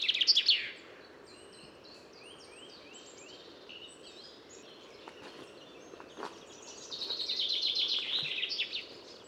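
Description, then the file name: Common chaffinch song, with a quick descending trill at the opening and a longer rattling phrase near the end, and softer notes in between. "Fringilla coelebs"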